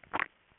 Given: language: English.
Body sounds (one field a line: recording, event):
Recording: throat vibration sensor signal played as sound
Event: swallow